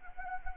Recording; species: mosquito wingbeat signal from an infrared sensor; Anopheles arabiensis